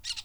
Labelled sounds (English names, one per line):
Brown-throated Parakeet contact call